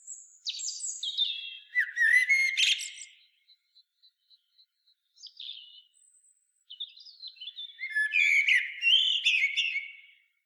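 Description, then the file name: Common blackbird giving scratchy, warbled phrases with twittering high notes, a run of about six thin evenly spaced ticks in between, then another long chattering phrase. "Turdus merula"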